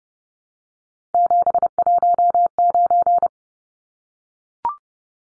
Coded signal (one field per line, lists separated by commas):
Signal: Morse code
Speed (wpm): 30 wpm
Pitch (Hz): 700 Hz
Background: none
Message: 719